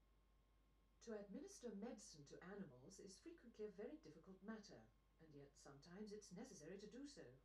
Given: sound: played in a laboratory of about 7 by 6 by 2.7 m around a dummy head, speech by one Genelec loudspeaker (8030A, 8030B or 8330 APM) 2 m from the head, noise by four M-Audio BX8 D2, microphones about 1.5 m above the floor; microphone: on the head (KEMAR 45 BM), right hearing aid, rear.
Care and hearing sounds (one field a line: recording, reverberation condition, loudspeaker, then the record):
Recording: female speech in English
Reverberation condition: low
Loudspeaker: 60 degrees to the left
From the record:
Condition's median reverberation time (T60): about 310 ms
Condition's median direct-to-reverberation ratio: about 3.5 dB